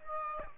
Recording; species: mosquito wingbeat signal from an infrared sensor; Aedes aegypti